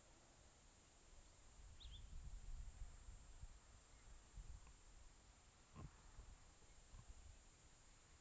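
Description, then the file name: Platypleura catenata cicada song, a steady high-pitched continuous buzzing drone lasting throughout, over low rumbling wind noise, with a brief chirp near two seconds. Recorded near Hankey, South Africa, on 17 January 2008. "P catenata nr Hankey ( 17 th Jan 2008"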